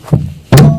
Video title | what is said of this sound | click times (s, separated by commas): Installer l'attelage sur une Tesla Model 3 | qui ça se débrouille tout seul on est un succès bien verrouillé | 0.1 s